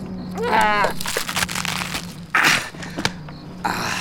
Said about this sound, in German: Ich versuche, diese Frucht hier aufzuschneiden. Was für eine Frucht denn? Diese hier.